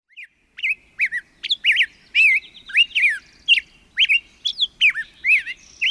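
Black-headed Grosbeak song, a rich run of whistled rising and falling phrases delivered in quick bursts with short pauses.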